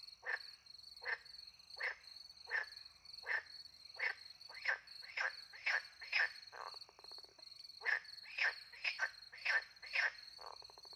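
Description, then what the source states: Frogs croaking in many short calls, with buzzy rattles and steady high cricket trilling throughout. Frogs with crickets at night in the countryside by a little pond, France; microphones hidden in a tree near the pond; two Usi pro microphones into a Mixpre 10 II recorder.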